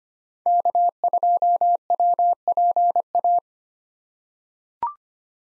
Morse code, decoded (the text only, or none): K2WPA